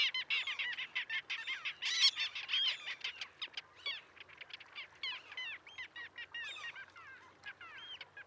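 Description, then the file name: Mew gull calling: dense, overlapping high yelping notes, fast and irregular, tapering to scattered mewing cries toward the end. "Mew Gull - Larus canus"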